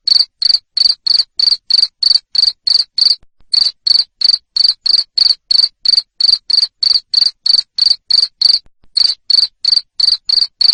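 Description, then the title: Insistent cricket chirping: short, shrill, pulsed bursts repeated quickly and evenly, interrupted by two short pauses. Loud cricket chirping used to make lovebirds keep singing (ngekek). "Suara JANGKRIK NGERIK Keras Bikin LOVEBIRD Jadi NGEKEK Terus Vubey"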